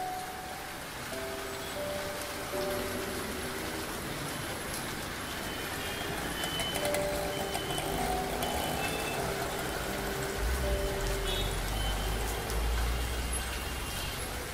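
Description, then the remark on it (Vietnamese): Steady afternoon rain in Saigon hisses over a continuous rumble of street traffic, with engines droning and occasional horn-like tones and brake sounds rising through the wash of noise. No one speaks. “Bên ly cà phê đắng ngắt, một buổi chiều mưa Sài Gòn, dòng người đang vội vã ngoài kia với bao lo toan bận bề cuộc sống, ai cũng mang cho mình một sự hối hả tất bật.”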